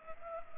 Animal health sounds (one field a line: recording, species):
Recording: mosquito wingbeat signal from an infrared sensor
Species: Culex pipiens